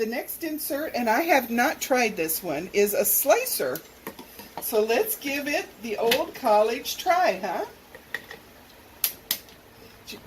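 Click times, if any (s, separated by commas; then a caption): 9.0 s, 9.3 s. Someone talks while fitting a plastic slicer blade insert into a handheld Nutri-Slicer food slicer frame. Light handling taps follow, then sharp snaps at 9.0 s and 9.3 s as the insert seats firmly in place.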